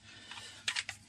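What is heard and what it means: A plastic battery compartment cover, apparently on the transmitter of an FTX Outback Mini 2 1/24th scale crawler, is pressed shut over its bay of small batteries. A sharp click lands at 0.7 s, followed by two quicker, lighter taps at about 0.8 s and 0.9 s, and the cover is seated.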